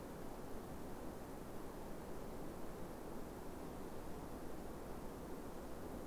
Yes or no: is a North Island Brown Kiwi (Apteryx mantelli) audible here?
no